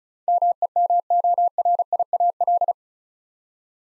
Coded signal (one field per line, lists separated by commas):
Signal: Morse code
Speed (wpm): 34 wpm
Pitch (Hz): 700 Hz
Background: none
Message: MEMORIAL